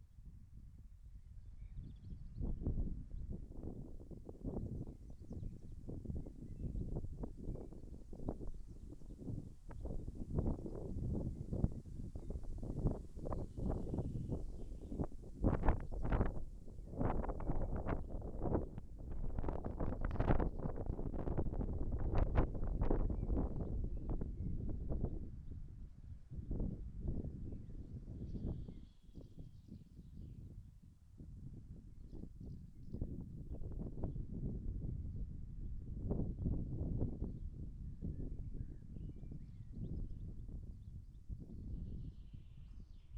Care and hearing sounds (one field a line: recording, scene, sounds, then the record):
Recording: everyday scene through a hearing-aid microphone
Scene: wind on the microphone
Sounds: wind, birds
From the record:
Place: in front of a rural house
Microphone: behind the ear, left, front